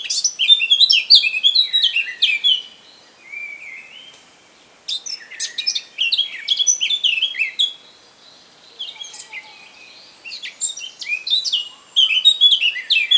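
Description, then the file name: Eurasian blackcap song in repeated bursts of rapid, jumbled warbling with scratchy and fluty notes, phrases a few seconds long with short gaps. "Sylvia atricapilla"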